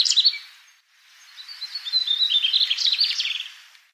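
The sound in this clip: Bird giving a short burst of chirps, then after a brief gap a long, scratchy twitter of quick high notes that swells and then fades.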